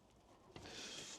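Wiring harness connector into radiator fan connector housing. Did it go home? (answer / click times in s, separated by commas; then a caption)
no / none. A rerouted wiring harness connector is pushed by hand into the radiator fan connector housing of a budget Category S car. Soft rubbing gives way to a brief knock at 0.6 s, then a longer broadband scrape from 0.7 s. No click is heard and the connector has not clicked into place, though it holds.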